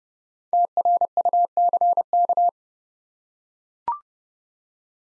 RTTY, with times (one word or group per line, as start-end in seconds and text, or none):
none